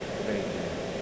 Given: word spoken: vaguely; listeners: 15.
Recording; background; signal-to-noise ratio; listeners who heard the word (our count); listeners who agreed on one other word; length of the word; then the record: one English word in noise, from a listening test; speech-shaped noise; -4.7 dB; 0 of 15; 6 of 15; 0.62 s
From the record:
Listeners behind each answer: 6, 1, 1, 1, 1, 1, 1, 1, 1, 1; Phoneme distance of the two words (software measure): 27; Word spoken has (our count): 2 syllables, 5 phonemes, stress on syllable 1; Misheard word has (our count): 2 syllables, 4 phonemes, stress on syllable 1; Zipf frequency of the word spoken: 3.47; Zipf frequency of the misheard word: 5.29